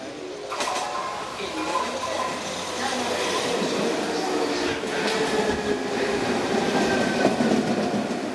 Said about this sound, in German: Ich mache mich mit der U-Bahn auf den Weg in den Westen der Stadt. Die nicht mehr ganz neue, aber immer noch modern wirkende Metro hält Caracas wie eine Klammer zusammen.